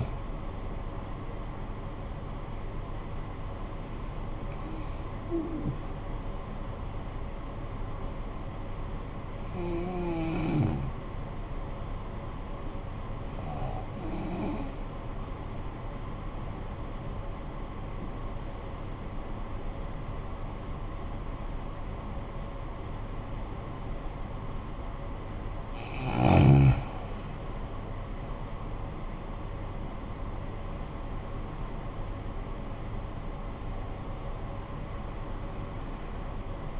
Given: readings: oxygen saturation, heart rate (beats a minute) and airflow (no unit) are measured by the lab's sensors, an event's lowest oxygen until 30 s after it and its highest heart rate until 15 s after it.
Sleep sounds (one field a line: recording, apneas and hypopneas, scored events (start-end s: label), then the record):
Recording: breathing in sleep by a smartphone at the bedside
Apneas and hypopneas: 1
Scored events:
9.00-36.80 s: new sleep stage, N2 (light sleep)
10.00-27.60 s: hypopnea (N2, oxygen 96% highest, then 83% lowest, heart rate 53 at the start, 70 highest)
From the record:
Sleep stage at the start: N1 (lightest sleep)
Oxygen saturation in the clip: 86 to 96%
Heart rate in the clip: 47 to 70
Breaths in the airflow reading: 6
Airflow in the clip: -13.9 to 15.3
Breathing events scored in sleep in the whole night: 445 in 7.6 hours asleep